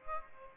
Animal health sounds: mosquito wingbeat signal from an infrared sensor; Aedes albopictus

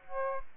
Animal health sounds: mosquito wingbeat signal from an infrared sensor; Aedes aegypti

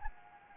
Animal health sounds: mosquito wingbeat signal from an infrared sensor; Anopheles gambiae

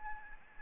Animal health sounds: mosquito wingbeat signal from an infrared sensor; Aedes albopictus

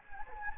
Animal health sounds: mosquito wingbeat signal from an infrared sensor; Anopheles gambiae

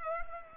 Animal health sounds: mosquito wingbeat signal from an infrared sensor; Culex pipiens

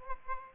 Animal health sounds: mosquito wingbeat signal from an infrared sensor; Aedes albopictus

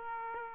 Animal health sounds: mosquito wingbeat signal from an infrared sensor; Aedes aegypti

